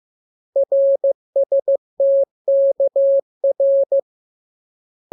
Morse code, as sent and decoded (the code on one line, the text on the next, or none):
.-. ... - -.- .-.
RSTKR